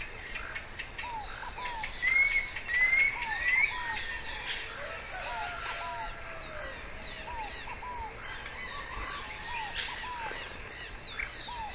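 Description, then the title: Planalto Tyrannulet song, short arched whistled notes in pairs repeated every second or two, with a few higher whistles early on, over a steady high insect drone. "LuckyPassaro Completos2Sama. Planalto Tyrannulet (Phyllomyias fasciatus)"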